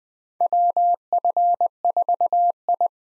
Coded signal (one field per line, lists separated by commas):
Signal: Morse code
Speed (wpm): 20 wpm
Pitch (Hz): 700 Hz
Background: none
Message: WF4I